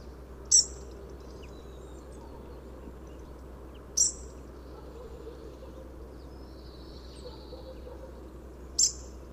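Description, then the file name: European robin tick calls, three sharp high clicks several seconds apart, with a faint thin whistle between them over a steady low hum. "Erithacus rubecula"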